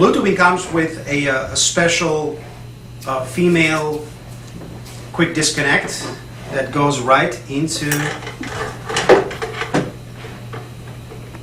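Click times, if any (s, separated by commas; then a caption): none. A female quick-disconnect air fitting is handled at the air inlet of a blue sampling device while someone talks, with a few short clinking and handling sounds near the end. Nothing has seated or clicked yet.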